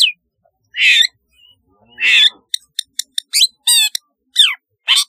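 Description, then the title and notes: Long-tailed shrike giving harsh rasping notes, then quick clicks, a buzzy trill and slurred whistles in a varied, scratchy sequence. "Kicau Burung Cendet"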